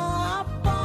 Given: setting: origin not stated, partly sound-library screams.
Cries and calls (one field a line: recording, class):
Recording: one-second piece from a danger detection set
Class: normal situation